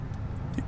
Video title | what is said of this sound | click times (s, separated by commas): John Deere HDF Headers: On-Ground Cutting | There's a slight click you'll hear when it lifts it up and makes contact. | 0.6 s